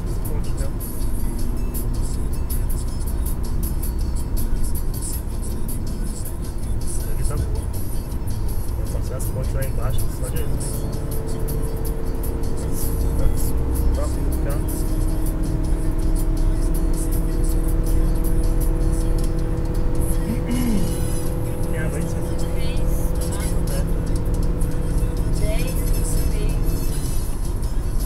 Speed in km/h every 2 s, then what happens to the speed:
111, 107, 97, 100, 103, 107, 111, 114, 116, 117, 119, 119, 117, 112.
0-4 brakes to 97. 4-20 speeds up to 119. 20-28 slows to 112.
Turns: none.